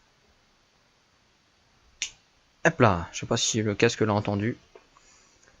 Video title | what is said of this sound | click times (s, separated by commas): [UNBOXING] LEGEND SPRIGGAN.7.Mr (BEYBLADE BURST GOD) | un clip voyez il faut attendre un clic sur | 2.0 s